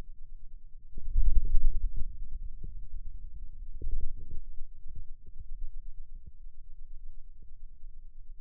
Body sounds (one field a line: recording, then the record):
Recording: forearm muscle sounds (acoustic myography)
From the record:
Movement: radial deviation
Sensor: system 2, bracelet of six BSWA MPA416 microphones around the upper forearm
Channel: 2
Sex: male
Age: 22 years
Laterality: right